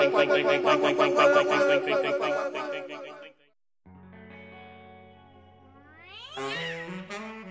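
Electronically processed cat meows: a dense, warbling stretch of harmonic yowling, a brief silence, then a steadier tone that rises into a loud, sweeping meow at the end.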